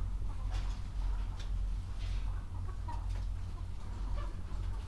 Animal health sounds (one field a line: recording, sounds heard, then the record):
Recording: poultry house recording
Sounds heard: healthy chickens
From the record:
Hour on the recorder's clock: 22